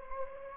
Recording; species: mosquito wingbeat signal from an infrared sensor; Anopheles gambiae